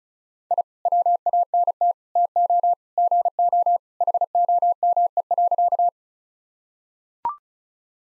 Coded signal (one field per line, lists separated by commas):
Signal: Morse code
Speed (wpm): 36 wpm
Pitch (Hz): 700 Hz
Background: none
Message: I WANT TO GO HOME.